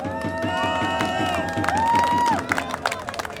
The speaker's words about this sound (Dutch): Jullie zijn geweldig. Een groot applaus voor jezelf.